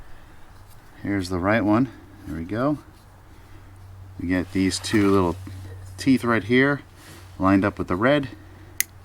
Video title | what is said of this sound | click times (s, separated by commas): Stupid Bright LED Tinted Side Markers from Luxe | click it in place | 8.8 s